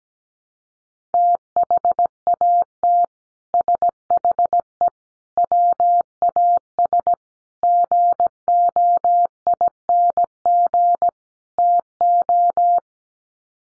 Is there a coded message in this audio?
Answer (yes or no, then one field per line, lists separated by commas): yes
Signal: Morse code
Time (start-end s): 1.1-12.8 s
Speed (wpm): 17 wpm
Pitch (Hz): 700 Hz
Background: none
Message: THAT SHE WAS GOING TO